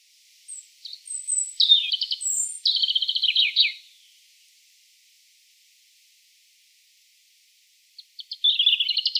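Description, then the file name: European robin song: high thin notes followed by rattling trills, a pause of several seconds, then another trilled phrase begins. "Erithacus rubecula"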